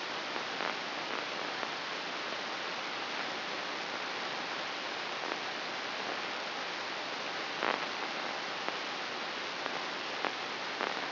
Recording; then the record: brain microelectrode recording played as sound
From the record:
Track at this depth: inside the subthalamic nucleus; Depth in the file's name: 5.137 mm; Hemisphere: right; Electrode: 2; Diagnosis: Parkinson's disease